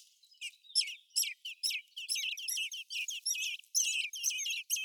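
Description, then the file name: Eurasian blackbird calls: a quick series of sharp, downslurred high chirps, irregularly spaced and clustered, with some notes overlapping. "Turdus merula"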